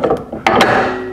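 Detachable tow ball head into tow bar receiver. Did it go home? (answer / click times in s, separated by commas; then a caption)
yes / 0.5 s. A detachable tow ball head is pushed into the tow bar receiver under a Ford Mondeo MK4. The mechanism ratchets with a few light clicks, then latches with a loud click at 0.5 s, followed by a ringing decay. The ball head is seated and engaged with no play left, ready to be locked with the key.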